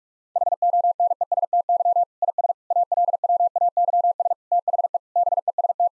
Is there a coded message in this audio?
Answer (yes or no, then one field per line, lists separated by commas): yes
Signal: Morse code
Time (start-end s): 0.4-5.9 s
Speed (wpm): 46 wpm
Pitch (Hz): 700 Hz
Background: none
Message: HONESTY IS ALWAYS THE BEST